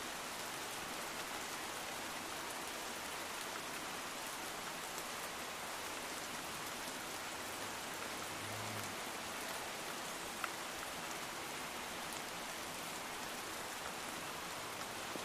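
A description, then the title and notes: Evening rain falls steadily and densely, a bright, even hiss with one sharp drop tap near ten seconds and a faint low rumble. Evening Rain Sounds for Sleep.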